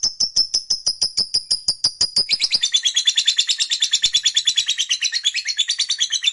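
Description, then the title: Lovebird song starting with evenly spaced sharp chirps, then turning into a dense, fast, buzzy chattering trill. Recording meant to make a lovebird that is reluctant to sing become eager and sing spontaneously at length, called narik. "LOVEBIRD Malas Bunyi JADI GREGET SPONTAN Langsung NARIK"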